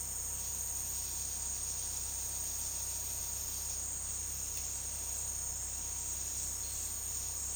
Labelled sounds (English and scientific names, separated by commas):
none